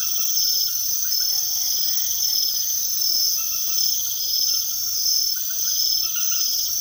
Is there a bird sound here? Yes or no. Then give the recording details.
no. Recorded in secondary vegetation near Puerto Asís, Putumayo, Colombia, on 18 February 2024 at 00:00. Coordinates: 0.500, -76.326. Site G6428